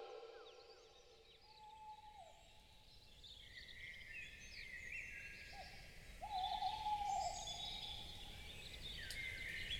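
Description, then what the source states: Tawny Owl hooting: a few long, drawn-out notes with a slight quaver, while songbirds chirp and trill in a dawn chorus behind. Tawny Owl at dawn amid a dawn chorus in Zarnesti Gorge, Romania.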